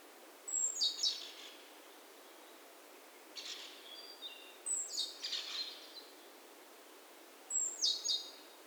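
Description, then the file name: Great tit calls: scattered high chirps and short buzzy bursts at irregular intervals against background hiss. "Parus major"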